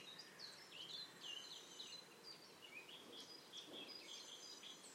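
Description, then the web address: Eurasian blue tit calling: a busy series of thin, high chattering and trilled notes, some sliding down, repeated throughout over light background noise. "Deverinetal 2025 File origin Bird Only Cy Ca"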